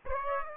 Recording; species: mosquito wingbeat signal from an infrared sensor; Aedes aegypti